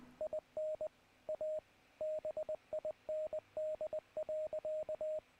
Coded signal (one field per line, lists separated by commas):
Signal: Morse code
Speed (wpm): 20 wpm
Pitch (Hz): 620 Hz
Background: radio noise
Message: IN A BIND.